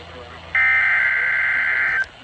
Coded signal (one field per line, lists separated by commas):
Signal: Emergency Alert System (SAME) tones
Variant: header bursts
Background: speech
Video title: A bunch of SVRs || EAS Alerts from 6/17 - 6/19, EAS #548 - #605